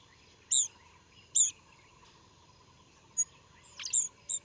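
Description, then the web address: Olive-backed pipit giving thin, very high buzzy call notes, spaced irregularly about a second apart, over a steady low hum. Recorded at Yushan, Taiwan. "樹鷚 Yushan"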